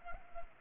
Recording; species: mosquito wingbeat signal from an infrared sensor; Culex pipiens